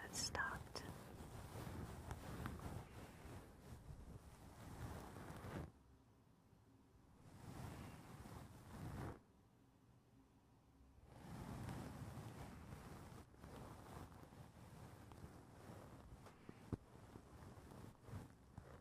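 Dense, rapid tapping on a foam roof comes in rushing stretches, like a heavy patter. It runs for the first five seconds, returns briefly around seven to nine seconds, then resumes from about eleven seconds to the end, with a low hum in the quiet gaps.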